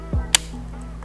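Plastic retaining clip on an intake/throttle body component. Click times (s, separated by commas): 0.3 s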